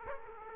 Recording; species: mosquito wingbeat signal from an infrared sensor; Aedes aegypti